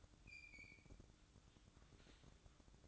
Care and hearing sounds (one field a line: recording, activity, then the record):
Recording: daily activity, microphone in the room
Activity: open fridge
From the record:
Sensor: 3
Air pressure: 1007.7 hPa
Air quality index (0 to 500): 77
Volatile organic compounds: 1 ppm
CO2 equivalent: 663 ppm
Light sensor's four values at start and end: 13/30/12/13 and 13/30/12/13